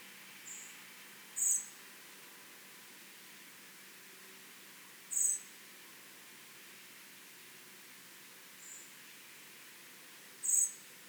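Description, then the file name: Common blackbird giving thin, very high, short calls, a few seconds apart, with fainter similar notes between them over a steady hiss. "Turdus merula"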